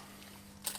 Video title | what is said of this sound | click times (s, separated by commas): Classic Mini - 1380 Builder - Gearbox | So that's now clicked down, | 0.7 s